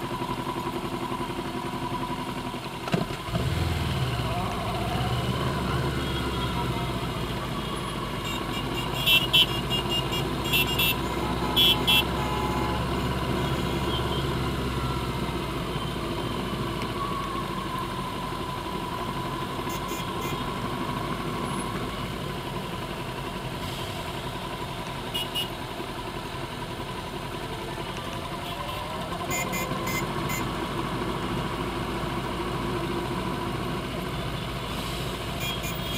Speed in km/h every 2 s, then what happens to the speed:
2, 11, 13, 11, 13, 15, 15, 11, 10, 10, 11, 8, 6, 8, 11, 11, 11, 6.
0-3 pulls away to 13. 3-10 steady at about 13. 10-23 slows to 6. 23-36 steady at about 8.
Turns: none.